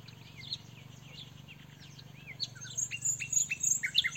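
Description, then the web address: Common nightingale song: slurred rising whistles followed by a quick series of loud, repeated high notes, over a low steady hum. "SETE data Luscinia megarhynchos"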